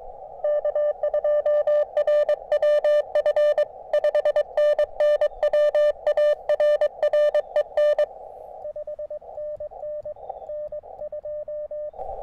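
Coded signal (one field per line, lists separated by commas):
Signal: Morse code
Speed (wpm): 23 wpm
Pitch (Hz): 600 Hz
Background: radio noise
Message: K2RWF 5NN WARREN 5NN N2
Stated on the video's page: CW contacts on a magnetic loop antenna.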